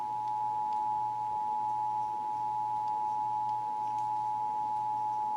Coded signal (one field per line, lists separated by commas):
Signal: Emergency Alert System (SAME) tones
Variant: 853 and 960 Hz attention tone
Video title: (EAS #547-552) December 2023 Texas Required Monthly Test